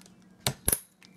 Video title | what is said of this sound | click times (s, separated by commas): How to Easily build your own PC and Install Windows | Make sure it clicks like that. You push it down, it clicks. | 0.5 s, 0.7 s